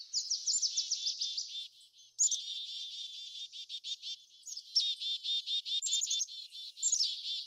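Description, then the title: Birds giving dense, high, rapid chattering notes in quick runs, with brief pauses between bursts. Backyard. "Backyard Birds - Ambient Nature Bird Sounds"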